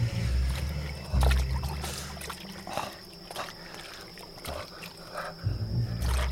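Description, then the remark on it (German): Water sloshes and splashes in uneven bursts as a person wades into a canal until the water reaches their chin, with soft trickling and dribbling between heavier surges over a steady low rumble. “Ich zog mein Obergewand aus und stieg hinein. Das Wasser reichte mir bis an das Kinn.”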